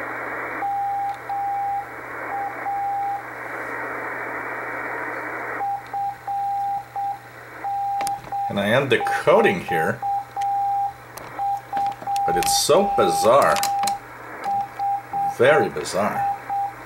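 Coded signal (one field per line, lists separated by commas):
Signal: Morse code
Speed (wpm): 7 wpm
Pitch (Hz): 800 Hz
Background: speech, radio noise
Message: MA FN42 HI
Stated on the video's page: Experimental shortwave station from Wayland, Massachusetts, received in CW on 5058 kHz.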